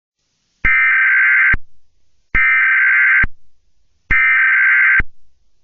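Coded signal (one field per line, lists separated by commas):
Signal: Emergency Alert System (SAME) tones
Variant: header bursts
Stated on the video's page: Fictional civil emergency message EAS scenario set in Florida's Flagler and Volusia counties, not a real alert.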